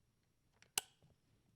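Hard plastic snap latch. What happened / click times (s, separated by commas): The mounting plate snapped into its latch / 0.8 s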